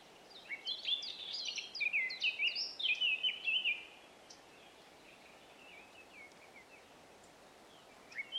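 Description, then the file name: Eurasian blackcap song, a fast bright warble of mixed whistled and chattering notes lasting about three seconds, followed by quiet with faint notes. "Sylvia atricapilla"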